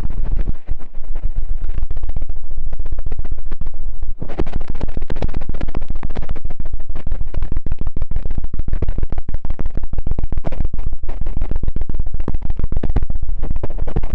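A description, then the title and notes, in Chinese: A cotton swab rubs inside an ear in dense, rapid scratchy crackles, steady and loud throughout, with brief pauses near one and four seconds. 棉签清洗耳朵。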